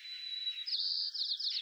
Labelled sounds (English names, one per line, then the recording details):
White-crowned Sparrow song
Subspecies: nuttalli
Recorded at Morro Bay, California, in 2014
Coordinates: 35.368, -120.867
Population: south
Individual MORR_maleE_14